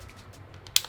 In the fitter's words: lock it just like until you hear the click so it's really quick